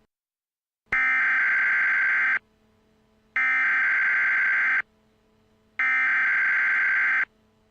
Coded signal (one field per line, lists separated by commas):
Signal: Emergency Alert System (SAME) tones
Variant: header bursts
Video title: EAS Mock: Civil Emergency Message